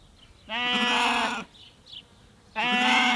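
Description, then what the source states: Sheep bleating, two long harmonic bleats about two seconds apart, with faint chirps from small birds between them. Small group of sheep standing close together bleating in the backyard of a small farmstead in Marnach; lively sparrows calling from a tree nearby.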